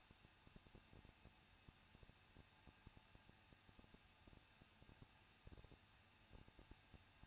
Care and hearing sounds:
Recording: daily activity, microphone in the room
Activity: no activity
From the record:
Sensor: 2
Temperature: 21.0 degrees Celsius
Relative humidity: 37.3%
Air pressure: 1006.2 hPa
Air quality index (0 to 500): 221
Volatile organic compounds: 23 ppm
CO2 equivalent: 2792 ppm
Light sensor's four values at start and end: 2/3/2/2 and 2/3/2/2

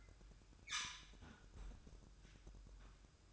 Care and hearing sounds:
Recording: daily activity, microphone in the room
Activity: close fridge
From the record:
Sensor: 2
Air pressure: 1007.6 hPa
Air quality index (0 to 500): 53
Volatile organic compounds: 1 ppm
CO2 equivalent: 576 ppm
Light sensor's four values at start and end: 10/23/9/10 and 10/23/9/10

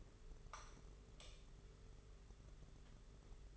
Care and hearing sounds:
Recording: daily activity, microphone in the room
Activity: light on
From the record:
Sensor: 4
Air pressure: 991.7 hPa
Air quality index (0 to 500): 99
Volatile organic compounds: 12 ppm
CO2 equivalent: 2331 ppm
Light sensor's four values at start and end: 7/16/6/6 and 9/25/9/11

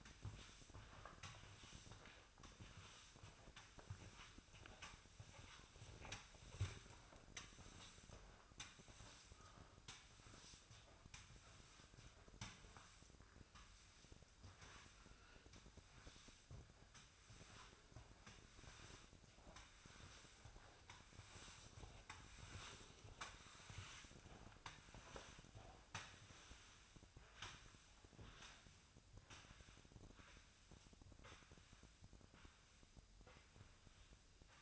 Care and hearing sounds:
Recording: daily activity, microphone in the room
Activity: sweep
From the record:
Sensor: 2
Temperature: 24.5 degrees Celsius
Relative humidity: 39.5%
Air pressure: 1003.0 hPa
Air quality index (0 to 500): 199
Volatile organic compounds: 6 ppm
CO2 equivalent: 1891 ppm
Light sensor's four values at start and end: 13/31/13/14 and 13/31/13/14

